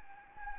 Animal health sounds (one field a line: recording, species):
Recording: mosquito wingbeat signal from an infrared sensor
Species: Anopheles gambiae